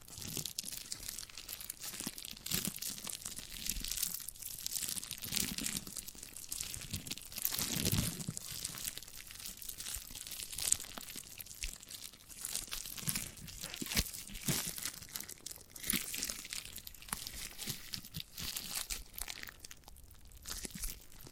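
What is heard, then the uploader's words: A giant gummy bear is handled and eaten, with a steady run of crinkly, crunchy rustles and soft tearing sounds filling all 21 seconds. The bright, dense crackle swells and eases irregularly, with a few sharper snaps and low thumps around eight and eleven seconds. ASMR of a Giant Gummy Bear (No Talking).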